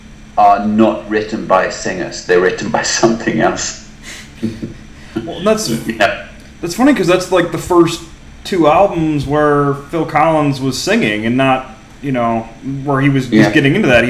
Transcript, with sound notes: are not written by singers, they’re written by something else. [Laughs]
It’s funny because that’s like the first two albums where Phil Collins was singing, and not, you know, where he was just getting into that.